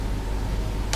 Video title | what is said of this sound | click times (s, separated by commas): Kelas 7 IPA - Materi ke 2 | sudah klik baru boleh dilihat kembali hai nah | 0.9 s